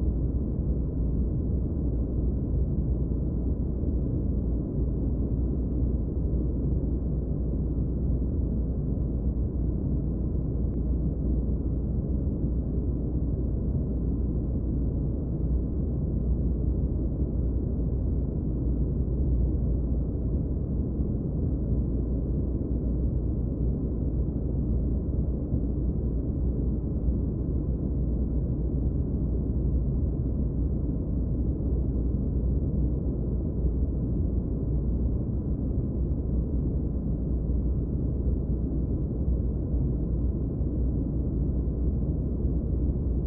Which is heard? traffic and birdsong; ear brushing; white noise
white noise